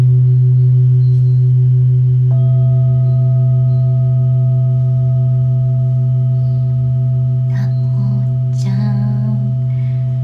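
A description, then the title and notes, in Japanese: Singing bowls ring in a sound healing session, with a deep steady hum sustained throughout. Just after two seconds a fresh strike adds higher ringing tones that hold on. Near the end, two brief wavering sounds rise over the drone. シンギングボウルのサウンドヒーリング。チベタンシンギングボウル。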